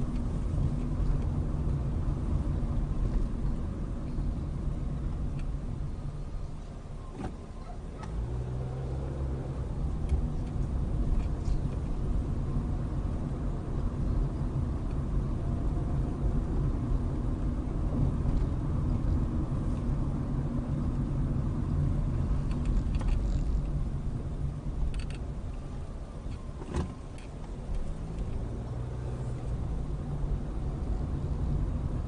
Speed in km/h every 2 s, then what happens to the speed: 23, 23, 13, 5, 16, 23, 26, 27, 29, 29, 24, 16, 8, 5, 15, 23.
2-5 brakes to 5. 6-18 speeds up to 29. 18-25 slows to 5. 26-32 speeds up to 23.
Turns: none.